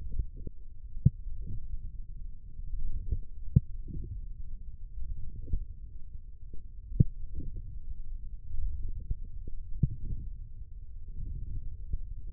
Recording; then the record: forearm muscle sounds (acoustic myography)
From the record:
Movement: forearm pronation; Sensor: system 1, eight BSWA MPA416 microphones around the upper forearm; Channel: 1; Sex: male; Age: 20 years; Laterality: left